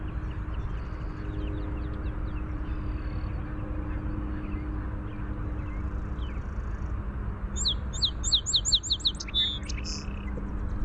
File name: SOSP song